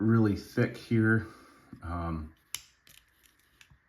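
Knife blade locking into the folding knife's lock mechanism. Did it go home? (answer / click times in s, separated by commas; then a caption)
yes / 2.5 s. Someone talks, then the blade of a Cold Steel SR1 Lite folding knife is swung open until its thick stainless steel lockup engages with a sharp, positive click at 2.6 s. A few faint ticks follow, and the blade is locked open securely enough not to come loose.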